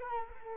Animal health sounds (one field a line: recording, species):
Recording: mosquito wingbeat signal from an infrared sensor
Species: Culex quinquefasciatus